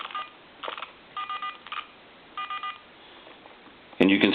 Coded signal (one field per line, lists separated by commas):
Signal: DTMF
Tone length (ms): 80 ms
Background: speech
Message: 4 444 444